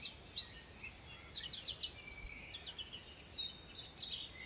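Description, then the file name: Birds singing, one repeating a quick rising-and-falling trill of sharp notes, others adding high chirps and whistles around it. Birdsong recorded in the Ardèche at 6 a.m. "Vogelgesang-Ardeche-6-Uhr-morgens"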